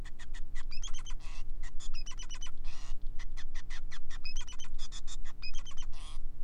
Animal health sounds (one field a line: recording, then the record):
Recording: song of a male Bengalese finch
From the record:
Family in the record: son of father 5